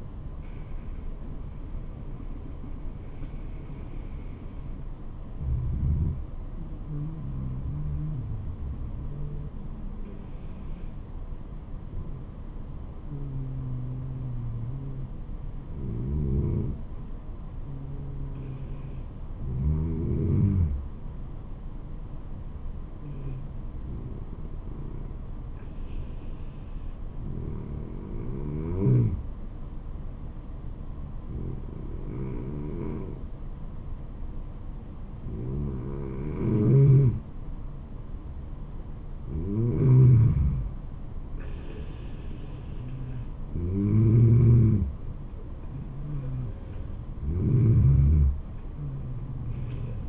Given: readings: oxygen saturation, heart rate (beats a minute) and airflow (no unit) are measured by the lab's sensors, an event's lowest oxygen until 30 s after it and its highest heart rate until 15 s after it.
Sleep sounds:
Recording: breathing in sleep by a smartphone at the bedside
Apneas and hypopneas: 1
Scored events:
3.00-37.80 s: hypopnea (N1, oxygen 96% highest, then 91% lowest, heart rate 71 at the start, 80 highest)
38.00-50.09 s: new sleep stage, N2 (light sleep)
From the record:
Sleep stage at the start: N1 (lightest sleep)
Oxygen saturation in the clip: 90 to 96%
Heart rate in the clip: 69 to 80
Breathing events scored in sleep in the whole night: 426 in 7.4 hours asleep

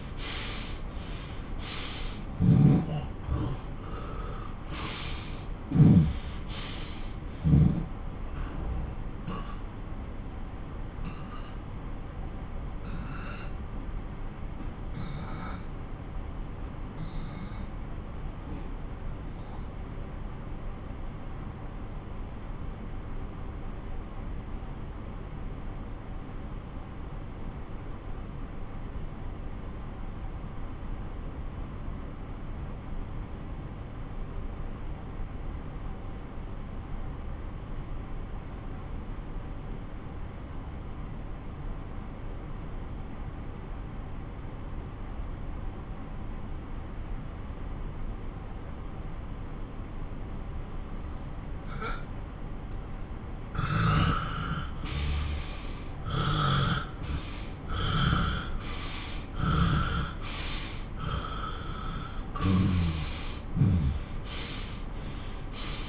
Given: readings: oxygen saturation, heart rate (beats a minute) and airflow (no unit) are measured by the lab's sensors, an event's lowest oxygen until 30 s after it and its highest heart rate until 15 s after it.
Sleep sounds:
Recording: breathing in sleep by a smartphone at the bedside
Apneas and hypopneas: 1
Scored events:
1.00-31.00 s: new sleep stage, N1 (lightest sleep)
7.00-54.10 s: obstructive apnea (N1, oxygen 96% highest, then 91% lowest)
31.00-61.00 s: new sleep stage, N2 (light sleep)
61.00-65.89 s: new sleep stage, N1 (lightest sleep)
From the record:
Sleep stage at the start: N2 (light sleep)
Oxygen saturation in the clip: 86 to 96%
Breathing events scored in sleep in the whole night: 217 in 6.3 hours asleep

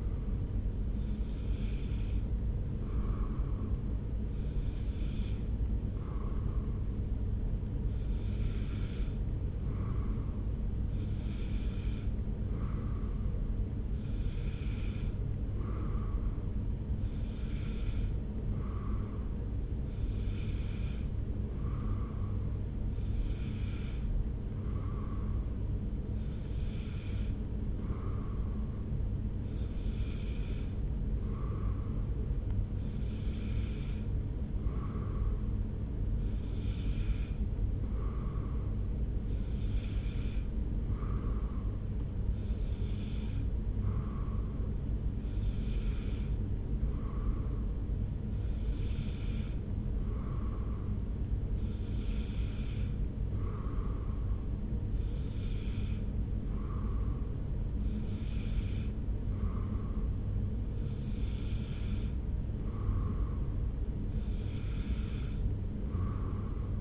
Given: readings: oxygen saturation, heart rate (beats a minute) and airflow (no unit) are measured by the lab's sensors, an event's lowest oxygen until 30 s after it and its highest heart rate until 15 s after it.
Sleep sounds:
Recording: breathing in sleep by a smartphone at the bedside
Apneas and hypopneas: none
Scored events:
59.00-66.81 s: new sleep stage, N1 (lightest sleep)
From the record:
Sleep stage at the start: N2 (light sleep)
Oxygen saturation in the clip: 93 to 94%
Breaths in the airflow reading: 21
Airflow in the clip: -1.0 to 1.1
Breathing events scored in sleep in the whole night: 335 in 6.7 hours asleep

